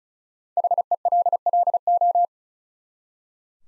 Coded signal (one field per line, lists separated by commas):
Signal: Morse code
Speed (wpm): 34 wpm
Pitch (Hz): 700 Hz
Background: none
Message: HELLO